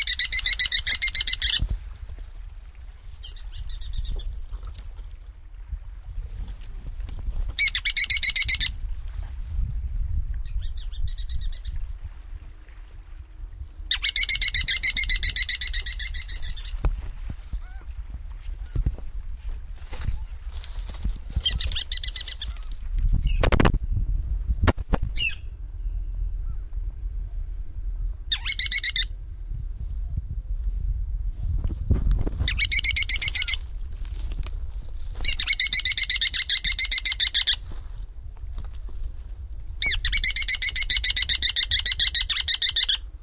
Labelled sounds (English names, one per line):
Ruddy Turnstone call